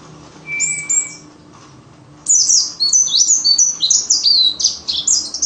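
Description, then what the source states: White-eye song: one short high chirp and a level whistle, then a dense stream of quick, high, twittering notes. Wild ('ngalas') white-eye song used as filler material for training songbirds (masteran).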